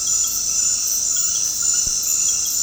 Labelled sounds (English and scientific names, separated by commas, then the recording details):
none
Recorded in dense forest near Puerto Asís, Putumayo, Colombia, on 21 February 2024 at 22:00
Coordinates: 0.485, -76.318
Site G6408